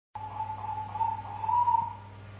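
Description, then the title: Dove giving a short, pulsed cooing run that swells in loudness midway and then breaks off, with a low hum in the background. "Canto Da Pomba"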